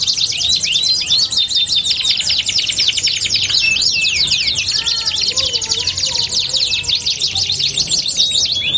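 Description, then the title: Belgian canary song: an unbroken stream of rapid trills and chattering sweeps, with soft lower warbling notes in the background midway. Belgian canary song used as a lure to warm up canaries so they start singing along within seconds. "Canto Para Esquentar Canário Belga. LANGSUNG NYAUT. Pancingan suara kenari hitungan detik langsung ikut bunyi"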